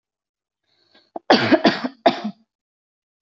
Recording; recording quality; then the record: heavy voluntary cough; excellent, no background noise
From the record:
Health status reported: healthy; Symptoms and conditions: none ticked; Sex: female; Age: 23 years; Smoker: not ticked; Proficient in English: yes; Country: India